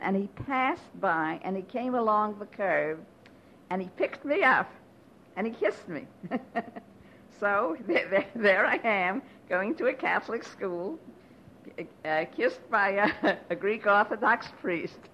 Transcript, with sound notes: And he passed by and he came along the curb and he picked me up and he kissed me. (she laughs) So there I am going to a Catholic school, kissed by a (she laughs) Greek Orthodox priest,